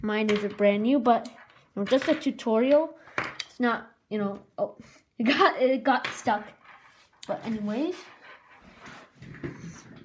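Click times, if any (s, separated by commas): 9.4 s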